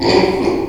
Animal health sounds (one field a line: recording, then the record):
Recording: squeal of a Yucatan mini pig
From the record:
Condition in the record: before surgery on the right vocal fold (resection and tissue-engineered implant)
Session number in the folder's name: 1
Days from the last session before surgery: -3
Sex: male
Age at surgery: 12 weeks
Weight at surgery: 13 kg